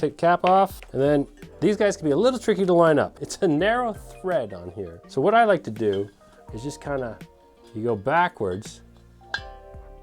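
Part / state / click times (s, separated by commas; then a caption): threaded tap fitting onto a keg or growler cap thread / seated / 9.3 s. A threaded tap fitting is turned backwards on the narrow thread of a beer growler or keg cap after the cap is taken off, until the threads drop into line. Someone talks over quiet background tones, and a small sharp click at 9.3 s shows the fitting has seated in the thread start and is locked in, ready to spin on.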